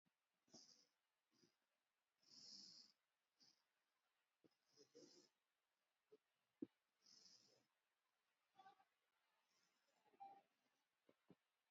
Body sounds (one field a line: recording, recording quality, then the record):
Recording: deep breathing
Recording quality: excellent, no background noise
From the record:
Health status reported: COVID-19 positive, moderate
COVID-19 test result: positive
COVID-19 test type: RT-PCR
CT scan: not taken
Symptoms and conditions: cold, breathing difficulty, sore throat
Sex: male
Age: 53 years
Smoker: no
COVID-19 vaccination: one dose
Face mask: worn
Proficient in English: yes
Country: India